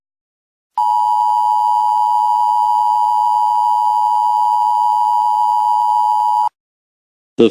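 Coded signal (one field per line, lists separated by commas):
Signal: Emergency Alert System (SAME) tones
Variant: 853 and 960 Hz attention tone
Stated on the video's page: Fictional scenario alert about a serial killer.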